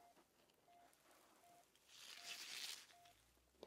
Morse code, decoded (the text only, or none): none